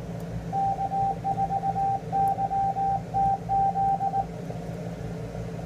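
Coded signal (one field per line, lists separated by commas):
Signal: Morse code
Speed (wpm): 19 wpm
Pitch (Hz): 780 Hz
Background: radio noise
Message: K4YTZ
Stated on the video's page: Field Day 2014 operation.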